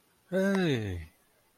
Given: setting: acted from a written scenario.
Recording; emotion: vocal sound without words; elation